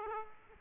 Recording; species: mosquito wingbeat signal from an infrared sensor; Aedes aegypti